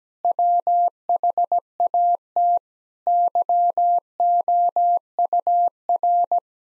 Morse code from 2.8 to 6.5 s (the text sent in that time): YOUR